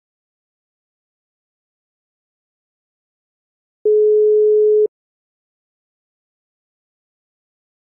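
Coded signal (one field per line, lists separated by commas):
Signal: telephone call progress tone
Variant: Europe, 425 Hz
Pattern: ringback tone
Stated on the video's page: Simulated France landline dial tone, DTMF dialing and Italian ringback tone, recreated as sound effects per ETSI/ITU technical specifications.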